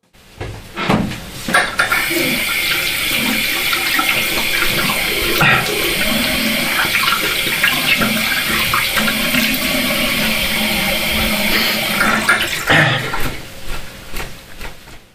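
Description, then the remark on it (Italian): A bathroom tap is turned on and water runs in a steady, loud rushing hiss for about ten seconds, framed by a few clunks and handling knocks at the start and end. “Pochi secondi dopo sono andato in bagno e ho aperto il rubinetto.”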